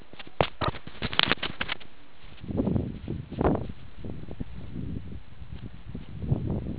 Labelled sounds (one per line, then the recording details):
meerkat close call
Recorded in the Kuruman River Reserve, South Africa
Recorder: an audio tag on a meerkat's collar